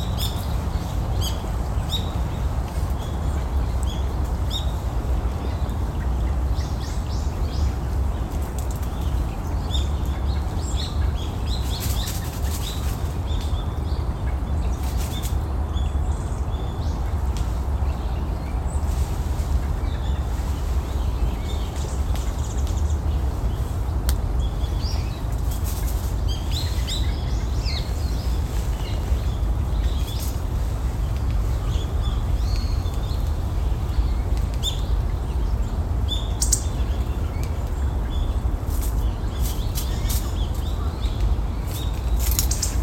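Small birds give short call notes and chirps scattered through the clip, bright, over a steady low rush of running water from a stream. The water sound stays even throughout while the chirps come irregularly, clustering around the middle and end.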